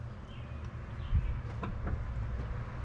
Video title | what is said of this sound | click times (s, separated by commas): ABANDONED 1964 Ford F100. Will it run and drive again?!? (OLD FARM TRUCK!) | at least then it kind of half clicked on | 1.6 s